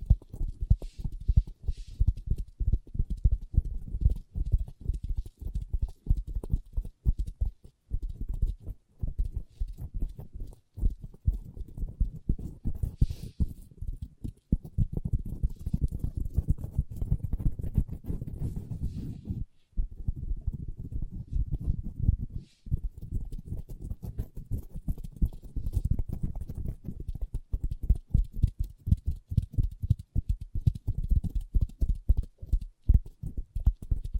ASMR Table Tapping & Scratching with Long Nails (No Talking)